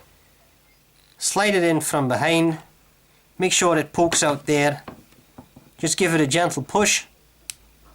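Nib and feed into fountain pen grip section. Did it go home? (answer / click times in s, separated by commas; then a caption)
yes / 7.5 s. Someone talks while a fountain pen nib and its plastic feed are slid into the grip section of a Platinum Carbon Desk Pen from behind and given a gentle push. A single sharp click is heard at 7.5 s as the nib and feed seat in the section.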